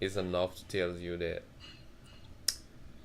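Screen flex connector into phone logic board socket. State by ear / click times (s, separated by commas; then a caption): seated / 2.5 s. Someone talks for the first second and a half; then, at 2.5 s, a single short, sharp click rings out as the flex connector of a replacement iPhone 7 Plus screen is pressed gently with light finger pressure onto its logic board socket. The click alone is taken as enough to show the connector is seated in place.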